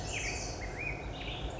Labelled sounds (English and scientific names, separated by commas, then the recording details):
Black-headed Grosbeak (Pheucticus melanocephalus)
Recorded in Sonoma County, California